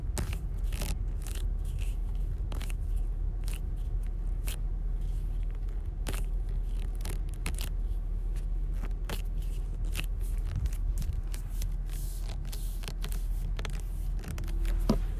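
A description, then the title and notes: Hands grip and slide on a steering wheel, giving short scrapes and clicks that come every second or so, some sharp and bright, others soft. Beneath them runs a steady low rumble like a car cabin, with a faint tone near the end. Steering Wheel ASMR. Steering wheel gripping. Assortment of steering wheel sounds.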